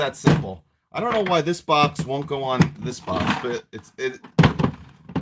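Someone talks while a plastic stacking tool storage box is handled against the lid of another storage box, with short plastic knocks and thumps near the end. Nothing has seated or clicked yet: the clip ends before the box's stacking latch snaps onto the box below.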